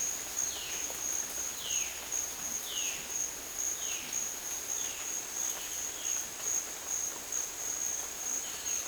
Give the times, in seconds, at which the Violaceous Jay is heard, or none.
0.00-6.25